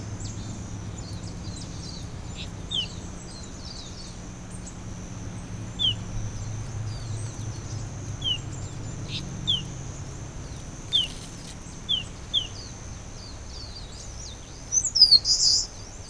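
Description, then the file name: Eastern crowned warbler giving a high phrase of slurred notes and a buzzy finish near the end, after several faint scattered high notes over steady background noise. "warbler-eastern-crowned -Phylloscopus-coronatus"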